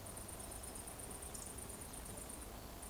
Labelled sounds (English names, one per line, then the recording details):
Eurasian Woodcock whistle
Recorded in Baden-Württemberg, Germany, on 24 June 2020 at 20:09 UTC
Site 14569, 102 m above sea level